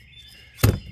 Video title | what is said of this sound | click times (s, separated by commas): How To Install Factory Wiper Blades Toyota 4Runner | it's going to snap into place and then you're going to snap that end to place | 0.6 s